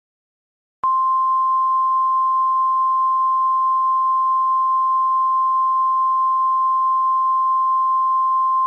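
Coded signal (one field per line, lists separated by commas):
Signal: Emergency Alert System (SAME) tones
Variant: 1050 Hz attention tone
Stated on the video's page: Fictional mock alert.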